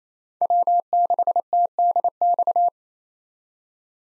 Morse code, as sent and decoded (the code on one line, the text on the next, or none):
.-- -.... - -.. -..-
W6TDX